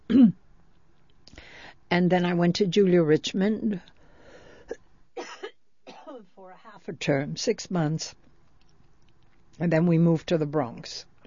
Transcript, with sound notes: And then I went to Julia Richmond (she coughs) for a half a term, six months. And then we moved to the Bronx.